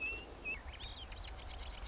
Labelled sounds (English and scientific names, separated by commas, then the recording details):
Marsh Wren (Cistothorus palustris)
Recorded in Sonoma County, California